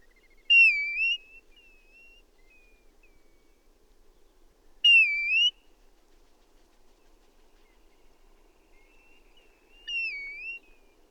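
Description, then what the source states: Bird calling, three short rising whistled notes roughly every five seconds, the last one softer, in otherwise quiet surroundings. Calls given while taking off and flying away.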